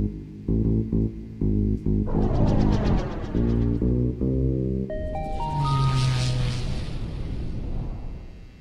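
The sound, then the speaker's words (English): Drums thud in a steady beat, each hit ringing and echoing into the next, then blur into a swirling, effect-laden wash with stepped rising tones. No one speaks. “Drums echoing.”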